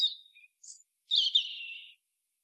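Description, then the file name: European robin with high thin notes, a brief pause, then a longer tumbling twittering phrase that slowly drops and fades; background quiet. "Erithacus rubecula"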